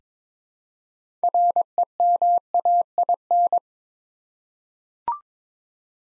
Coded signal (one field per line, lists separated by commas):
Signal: Morse code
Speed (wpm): 22 wpm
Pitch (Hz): 700 Hz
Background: none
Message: REMAIN